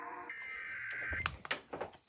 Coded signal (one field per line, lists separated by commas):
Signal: Emergency Alert System (SAME) tones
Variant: header bursts